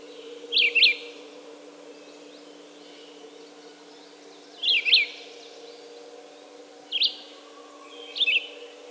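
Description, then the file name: Red-eyed vireo giving four separated short whistled phrases, slurred and choppy, with long gaps between, against a quiet droning background. "red-eyed vireo song by jonathon jongsma"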